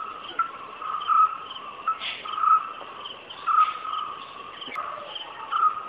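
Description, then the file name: White-cheeked barbet (small green barbet) repeating a hollow call many times, with a brief higher chirp and a continuous background hiss. "Call of small green barbet"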